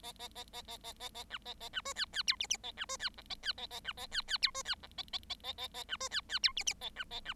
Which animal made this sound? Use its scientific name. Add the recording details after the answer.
Lonchura striata domestica. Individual Bird7